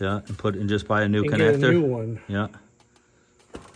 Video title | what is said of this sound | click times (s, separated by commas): JLU Transmission Leak Found | I don't like the way that feels. It should slide in farther than that and and kind of like lock into place. | none